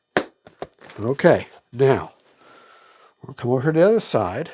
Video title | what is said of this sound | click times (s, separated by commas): E-FLITE AIRBUS A320 NEO UNBOX & BUILD #aviation #airplane #rc | Listen for the click. | 0.2 s